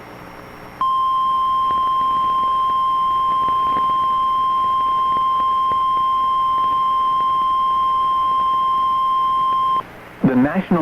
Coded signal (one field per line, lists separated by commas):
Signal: Emergency Alert System (SAME) tones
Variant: 1050 Hz attention tone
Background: speech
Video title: Severe Thunderstorm Warning (MS) (4/2/25) [EAS #113]